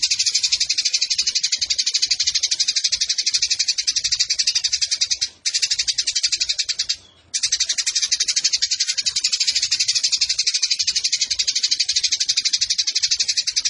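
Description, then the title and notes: Eurasian tree sparrow giving a fast, dry, high chattering song of even pulses, running on with two brief breaks. Fighting-style sparrow with long 'nembak panjang' shooting chatter and clear voice, used as a tutor recording for birds entered in song competitions. "GEREJA TARUNG NEMBAK PANJANG SUARA JERNIH MASTERAN WAJIB BURUNG LOMBA. Burung Gereja"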